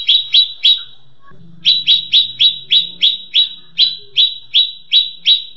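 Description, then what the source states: Leafbird song: a few ringing chips, a brief pause, then a steady series of downslurred chip notes about three per second. Cucak ijo song in the tembakan cililinan style.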